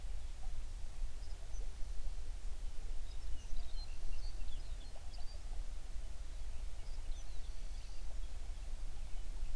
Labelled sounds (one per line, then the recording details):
songbird
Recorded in the Prudhoe Bay oil fields, Alaska, on 11 June 2019 at 04:33
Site 21